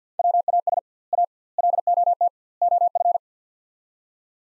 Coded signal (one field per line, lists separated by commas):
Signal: Morse code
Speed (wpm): 50 wpm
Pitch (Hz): 700 Hz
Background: none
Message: WAS A LOT OF